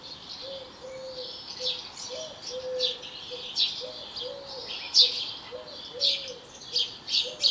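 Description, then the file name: House sparrow chirps, bright and uneven, scattered over the recording, with a soft low hooting tone repeated underneath. "Passer domesticus"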